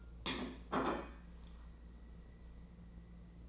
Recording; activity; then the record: daily activity, microphone in the room; place plate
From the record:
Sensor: 1